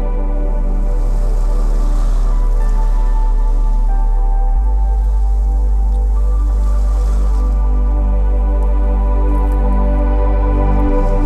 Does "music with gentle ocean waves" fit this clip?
yes